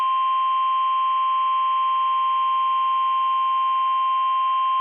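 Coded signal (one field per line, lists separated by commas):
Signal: Emergency Alert System (SAME) tones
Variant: 1050 Hz attention tone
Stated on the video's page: NOAA Weather Radio severe thunderstorm warning for parts of central Pennsylvania.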